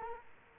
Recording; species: mosquito wingbeat signal from an infrared sensor; Culex quinquefasciatus